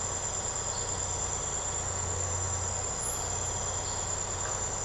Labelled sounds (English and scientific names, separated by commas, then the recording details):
none
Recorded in secondary vegetation near Puerto Asís, Putumayo, Colombia, on 13 March 2025 at 05:00
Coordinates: 0.468, -76.324
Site G059